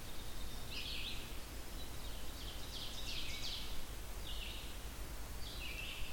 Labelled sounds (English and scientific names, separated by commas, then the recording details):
Ovenbird (Seiurus aurocapilla) song
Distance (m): 80 m
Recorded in boreal forest in Alberta, Canada, on 16 June 2016 at 05:40
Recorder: SongMeter 3, array SBT-3-32
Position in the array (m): 143 m, 145 m
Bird 37